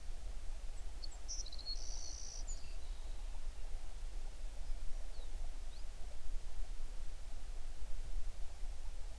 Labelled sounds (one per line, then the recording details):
songbird
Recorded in the Prudhoe Bay oil fields, Alaska, on 11 June 2019 at 05:44
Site 21